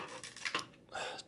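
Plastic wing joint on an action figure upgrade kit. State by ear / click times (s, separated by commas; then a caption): seated / 0.5 s. The second side's wing of a plastic FWI 4 Jetwing action-figure upgrade kit is folded into its collapsed position. Its ratcheting joint gives two sharp clicks at 0.5 and 0.6 s, amid soft handling rustle. The wing seats in its collapsed position.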